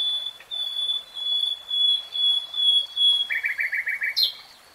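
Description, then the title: Nightingale song opening with long pure whistles, then a short series of rapid clicking chuck notes and a sharp rising flourish. Singing in real time. "[Tiếng chim hót] 3 Hours REALTIME Nightingale Singing"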